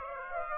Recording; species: mosquito wingbeat signal from an infrared sensor; Aedes aegypti